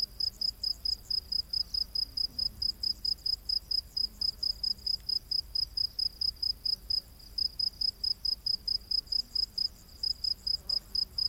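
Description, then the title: Cricket song, high sharp chirps repeating rapidly throughout, with a second fainter insect trill higher above and a low hum beneath. Crickets calling in a humid rainforest at night. "Crickets of the Rainforest"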